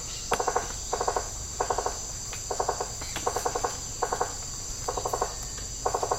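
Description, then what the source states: Insects: a steady high shrill drone, with short lower bursts of rapid pulses repeating at a fairly even rate. Tropical rainforest habitat.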